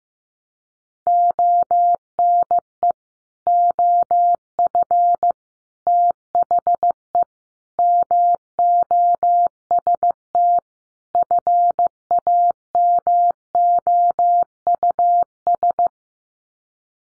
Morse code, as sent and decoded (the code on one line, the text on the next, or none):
--- -. . / --- ..-. / - .... . / -- --- ... - / ..-. .- -- --- ..- ...
ONE OF THE MOST FAMOUS